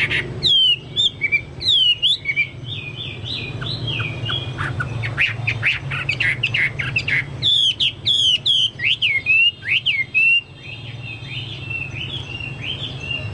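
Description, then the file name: Chinese hwamei song: loud, fast, varied whistles and trills in two long bursts separated by a softer passage, over a faint low hum. "hwamei-2-omkicau"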